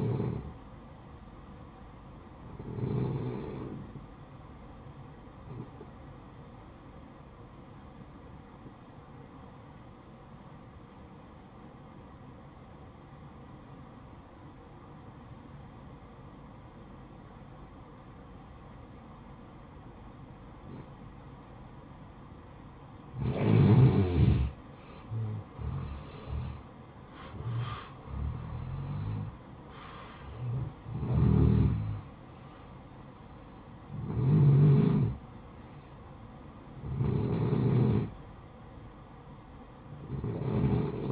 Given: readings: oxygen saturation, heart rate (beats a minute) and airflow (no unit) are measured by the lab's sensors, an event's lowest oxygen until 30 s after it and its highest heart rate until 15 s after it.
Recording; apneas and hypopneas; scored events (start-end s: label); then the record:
breathing in sleep by a smartphone at the bedside; 1
7.00-24.90 s: hypopnea (N2, oxygen 94% highest, then 88% lowest, heart rate 57 at the start, 70 highest)
From the record:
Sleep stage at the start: N2 (light sleep); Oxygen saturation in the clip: 89 to 94%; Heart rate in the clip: 56 to 70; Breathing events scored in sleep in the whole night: 573 in 9.8 hours asleep